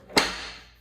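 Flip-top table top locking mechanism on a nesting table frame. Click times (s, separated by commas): 0.2 s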